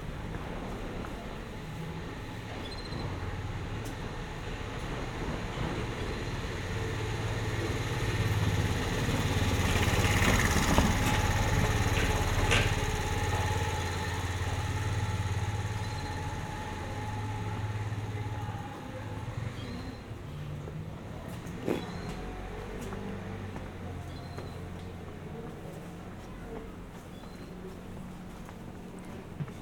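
A walk through the streets of Piran, Slovenia, with a vehicle's low engine rumble swelling and passing around ten to twelve seconds. A few sharp knocks cut through near 11, 12 and 22 seconds, and the street settles to a softer hum afterward.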